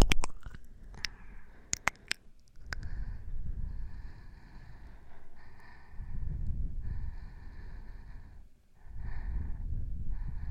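Breathing sounds: slow, rough breaths rise and fall in long waves, each a few seconds long with a low rumble and an airy hiss above. In the first two seconds several sharp clicks and snaps stand out, then the breathing settles into a steady rhythm.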